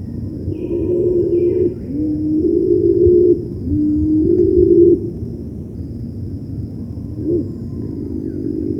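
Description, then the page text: Cinnamon-bellied imperial pigeon uttering three deep hollow coos, each about a second long, over low rumble, with a fainter coo near the end. "Cinnamon-Bellied Imperial Pigeon Call. Quick Sounds"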